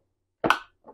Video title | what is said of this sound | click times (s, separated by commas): BISSELL Turboclean Powerbrush Pet Upright Carpet Cleaner | very easily you'll hear it click once it's connected and when you want to take it off you just grab the sides and pull it out | 0.5 s